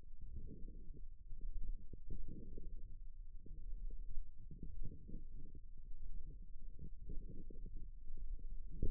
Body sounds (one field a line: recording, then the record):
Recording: forearm muscle sounds (acoustic myography)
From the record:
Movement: forearm supination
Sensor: system 1, eight BSWA MPA416 microphones around the upper forearm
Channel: 6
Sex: female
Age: 21 years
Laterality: right